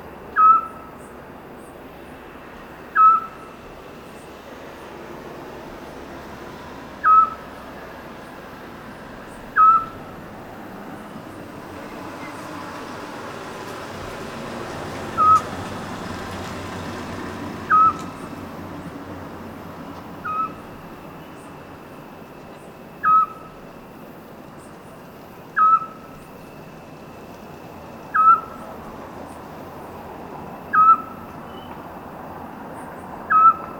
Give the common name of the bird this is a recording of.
Eurasian Scops Owl